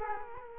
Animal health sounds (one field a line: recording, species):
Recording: mosquito wingbeat signal from an infrared sensor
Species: Culex quinquefasciatus